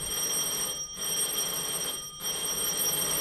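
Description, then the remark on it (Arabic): A front doorbell in an Arabic radio drama rings in long, shrill electric bursts, a steady high-pitched metallic trill broken by two brief pauses, fairly loud with no voices. “ده الباب ده، يا ربي يا اختي.”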